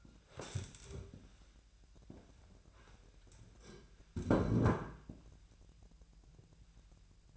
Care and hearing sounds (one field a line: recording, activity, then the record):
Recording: daily activity, microphone in the room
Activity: stand up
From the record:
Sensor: 2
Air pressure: 1001.7 hPa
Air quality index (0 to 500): 241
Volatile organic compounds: 74 ppm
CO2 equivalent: 3558 ppm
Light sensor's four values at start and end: 9/21/9/9 and 8/20/8/9